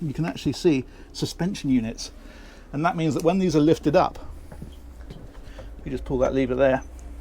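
A folding seat base on a shock-mitigation boat helm suspension seat is handled as someone talks and pulls the lever to lift it toward its raised, locked position. Two faint short knocks sound at about 4.5 and 5.0 seconds between the talking. Nothing has seated or clicked into place yet.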